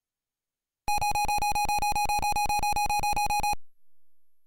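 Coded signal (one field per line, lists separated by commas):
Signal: none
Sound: a game's sound effects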